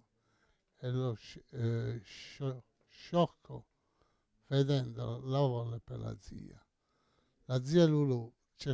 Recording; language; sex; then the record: read passage; Italian; male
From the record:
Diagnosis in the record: Parkinson's disease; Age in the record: 68 years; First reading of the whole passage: 85 s, 6.1 characters per second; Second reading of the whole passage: 63 s, 8.2 characters per second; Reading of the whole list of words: 49 s, 5.8 characters per second